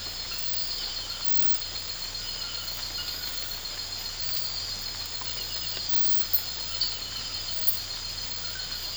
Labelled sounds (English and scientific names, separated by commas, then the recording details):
none
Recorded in pastures near Puerto Asís, Putumayo, Colombia, on 8 March 2025 at 04:00
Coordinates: 0.472, -76.329
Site G074